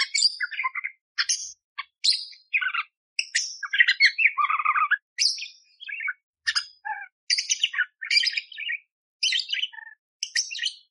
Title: Masteran Burung Parkit Gacor Jernih Isian Tembakan Kasar Cocok Buat Kacer